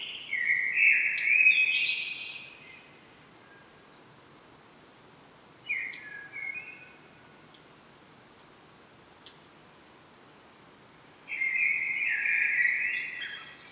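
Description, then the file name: Common blackbird song: three separate fluty warbling phrases, some with thin high twittered notes, separated by quiet gaps of a few seconds. "Turdus merula"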